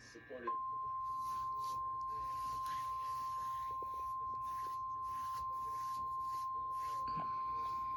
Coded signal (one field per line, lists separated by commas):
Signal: Emergency Alert System (SAME) tones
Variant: 1050 Hz attention tone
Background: speech